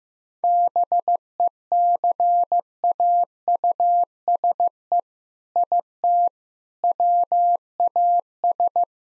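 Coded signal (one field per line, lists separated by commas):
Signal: Morse code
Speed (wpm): 15 wpm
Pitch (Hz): 700 Hz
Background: none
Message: BECAUSE IT WAS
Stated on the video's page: Morse code practice at 15 wpm sending jokes, using contextual priming.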